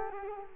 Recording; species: mosquito wingbeat signal from an infrared sensor; Culex quinquefasciatus